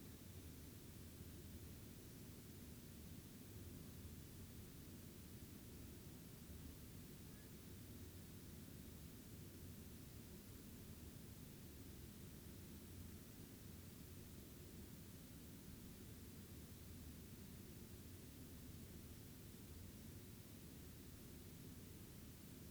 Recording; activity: daily activity, guitar pickup as the sensor; lie down